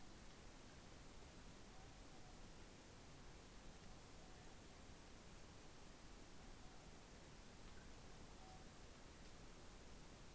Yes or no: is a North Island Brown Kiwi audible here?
no